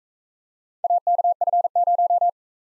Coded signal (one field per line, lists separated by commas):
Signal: Morse code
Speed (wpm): 44 wpm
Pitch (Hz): 700 Hz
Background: none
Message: AKF0